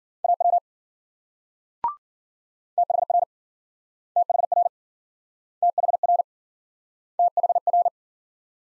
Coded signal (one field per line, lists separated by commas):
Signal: Morse code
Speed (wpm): 53 wpm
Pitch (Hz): 700 Hz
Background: none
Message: AW THR THR THR THR